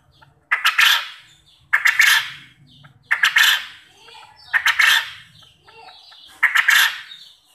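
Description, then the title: Quail calls, harsh buzzy bursts repeated about every one and a half seconds, five in all, with a faint low hum between them. Quail call used as a lure to make quail answer and call actively. "Burung Puyuh Mana Yang Tidak Nyaut Dan Gacor Dengan Pancingan Ini"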